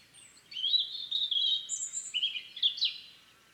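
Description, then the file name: European robin song: a continuous stream of thin, high, liquid warbles that rise and fall, with very high piercing notes mixed in. "Erithacus rubecula"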